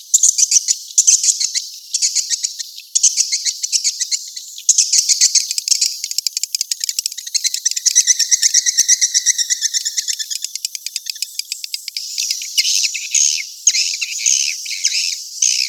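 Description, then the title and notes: Continuous swiftlet twittering with long trains of quick, evenly repeated high clicks and chirps, plus a brief lower trill in the middle. Asia; swiftlet sound used in swiftlet farming to attract birds. "Swiflet Bird Sound. Farming Swiflet Bird asia sound"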